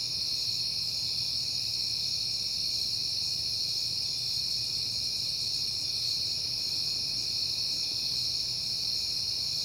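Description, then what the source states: Crickets keep up a continuous high-pitched chorus over a soft low background hum. Recorded on a peaceful night in September; crickets heard often that month.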